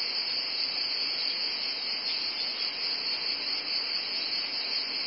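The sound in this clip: Cicada buzzing in a continuous, hissing drone that stays level throughout.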